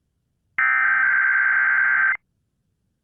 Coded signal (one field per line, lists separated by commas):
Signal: Emergency Alert System (SAME) tones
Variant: header bursts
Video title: 5/3/22 Random KDKA RWT (During Severe Weather) EAS #182